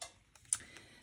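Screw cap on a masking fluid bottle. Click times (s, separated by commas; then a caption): 0.5 s. The screw cap on a Winsor & Newton masking fluid bottle is twisted and worked by hand to open it, giving a series of small, dry ticks and clicks. The sharpest click comes at 0.5 s as the cap releases and comes open, followed by a few fainter ticks.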